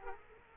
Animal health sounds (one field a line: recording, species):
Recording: mosquito wingbeat signal from an infrared sensor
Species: Aedes aegypti